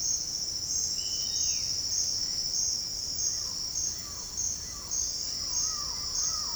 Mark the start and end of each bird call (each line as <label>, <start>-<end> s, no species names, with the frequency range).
bird call (1.9-4.1 kHz), 0.95-1.75 s
bird call (0.3-2.1 kHz), 3.58-6.55 s